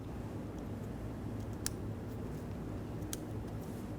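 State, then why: Seated. A metal retaining tab from a replacement kit is slid into the side mirror glass backing of a 2013-2020 Ford Fusion. Over a steady low hum, sharp clicks sound at 1.7 s and 3.1 s, and then a light tug confirms the second metal tab is seated and locked in.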